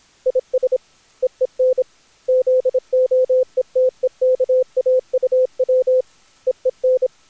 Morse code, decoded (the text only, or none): IS EEN ZOETEKAUW EEN